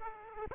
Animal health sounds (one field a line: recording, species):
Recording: mosquito wingbeat signal from an infrared sensor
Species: Aedes aegypti